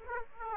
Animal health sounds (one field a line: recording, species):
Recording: mosquito wingbeat signal from an infrared sensor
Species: Aedes aegypti